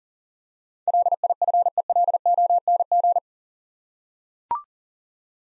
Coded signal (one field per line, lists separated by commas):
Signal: Morse code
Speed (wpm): 40 wpm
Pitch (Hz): 700 Hz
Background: none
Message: LIFELONG